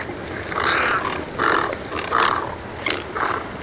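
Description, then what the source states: Great Egret giving harsh, rasping croaks, several hoarse bursts spaced under a second apart, over a steady background hiss. Dominance dispute between great egrets going beak to beak, necks raised, beaks pointed skyward, wings flaring until one flies away; calls sound like someone being strangled; glacial pond on the Connecticut shore.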